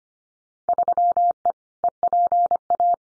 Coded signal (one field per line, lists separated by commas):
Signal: Morse code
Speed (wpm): 25 wpm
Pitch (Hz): 700 Hz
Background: none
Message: 3E EPA